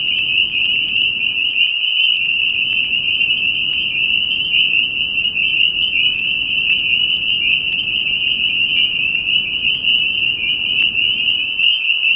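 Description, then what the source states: Spring peepers in full chorus, a constant high-pitched jingling of overlapping peeps lasting the whole stretch. Recorded at New Paltz.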